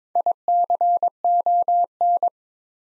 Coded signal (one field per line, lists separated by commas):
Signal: Morse code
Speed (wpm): 22 wpm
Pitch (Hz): 700 Hz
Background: none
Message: ICON